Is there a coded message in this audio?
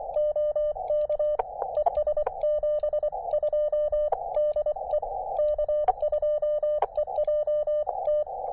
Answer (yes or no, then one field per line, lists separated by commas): yes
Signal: Morse code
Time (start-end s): 0.2-8.2 s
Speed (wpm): 23 wpm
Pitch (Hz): 600 Hz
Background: none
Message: OK ES 72 DE K2EJT